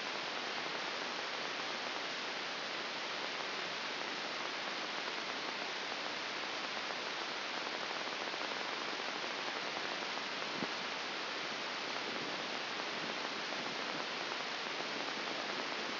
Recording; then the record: brain microelectrode recording played as sound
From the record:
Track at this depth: inside the subthalamic nucleus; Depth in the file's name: 3.898 mm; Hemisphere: left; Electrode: 2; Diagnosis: Parkinson's disease